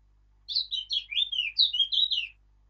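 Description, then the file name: Eurasian blackcap song: a quick, varied warble of scratchy and fluty notes rising and falling, delivered in one continuous burst lasting about two seconds. "Sylvia atricapilla"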